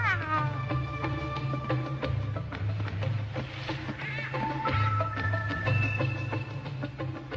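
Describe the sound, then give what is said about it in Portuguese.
A female cat meows several times, drawn-out cries with sliding, wavering pitch, over a steady low hum and scattered light clicks. “É uma tremenda gata, hein, cara?”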